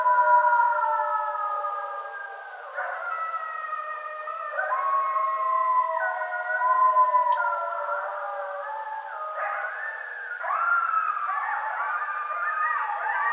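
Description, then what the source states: Coyotes in a group howl: long sliding siren-like wails layered over one another, with sudden pitch jumps throughout. More than one coyote; recorded 2013-02-03.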